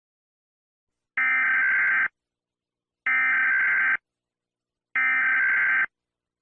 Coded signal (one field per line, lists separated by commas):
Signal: Emergency Alert System (SAME) tones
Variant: header bursts